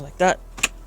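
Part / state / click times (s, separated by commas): dashboard trim panel clips into dashboard / seated / 0.6 s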